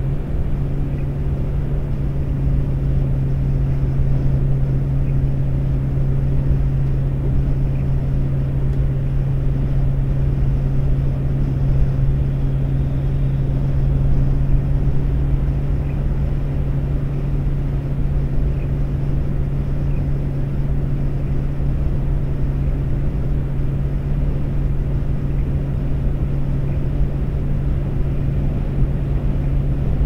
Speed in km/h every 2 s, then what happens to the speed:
119, 121, 122, 122, 122, 122, 122, 122, 122, 122, 122, 124, 124, 124, 124.
0-30 steady at about 122.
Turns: none.